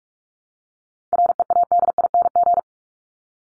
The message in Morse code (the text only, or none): READING